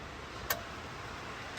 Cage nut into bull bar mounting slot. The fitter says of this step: and leave them clicked in place